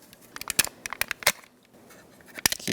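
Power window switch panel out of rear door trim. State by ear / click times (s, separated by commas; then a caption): released / 2.5 s. A plastic power window switch panel is pried up out of the rear door trim of a 2007-2014 Chevrolet Silverado 2500HD while pressure is held on the release. Several sharp plastic crackles and snaps come first, then a quiet pause, and a loud sharp pop at 2.5 s as the panel comes free of the trim.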